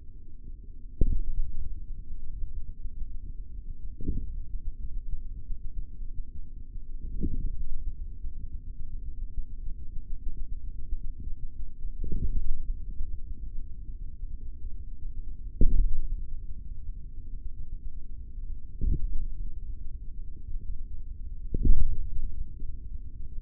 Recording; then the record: forearm muscle sounds (acoustic myography)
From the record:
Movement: hand opening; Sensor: system 3, bracelet of six PUI Audio POM-2738L microphones around the upper forearm, with dedicated amplification and filtering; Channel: 6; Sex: male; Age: 25 years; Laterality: right